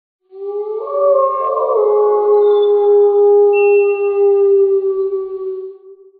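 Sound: wolf howling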